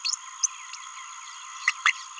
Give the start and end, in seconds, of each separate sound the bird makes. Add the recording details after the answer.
0.05-0.16, 0.43-0.46, 1.86-1.91. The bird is a male. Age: 27 days. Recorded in a nest box in Venezuela. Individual 17B31A2